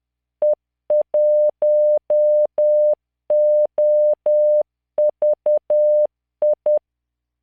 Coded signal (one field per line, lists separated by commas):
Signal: Morse code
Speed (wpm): 10 wpm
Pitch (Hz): 600 Hz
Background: none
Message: E1OVI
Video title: tamanのモールス練習動画85（モールス信号 速度10WPM morse code)